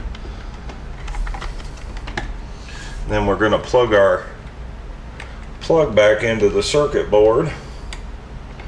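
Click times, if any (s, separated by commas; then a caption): none. While a Shark Pro corded stick vacuum is being reassembled, the LED wire plug is handled near its socket on the circuit board. Someone talks, and there are light handling taps and small knocks. The clip ends before the plug goes home, so nothing has seated or clicked yet.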